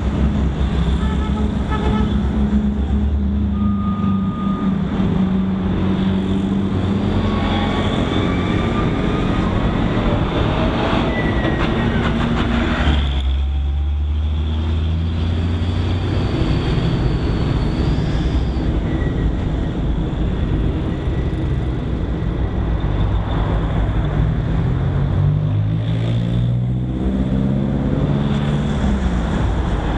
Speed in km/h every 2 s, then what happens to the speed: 0, 1, 1, 1, 0, 0, 1, 0, 0, 0, 3, 0, 0, 0, 0.
0-30 standing.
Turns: none.